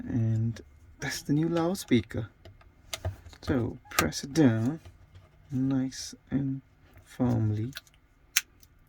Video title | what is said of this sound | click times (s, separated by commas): Samsung S21 Ultra RESTORATION | mm-hmm that's the click you need to hear | 8.4 s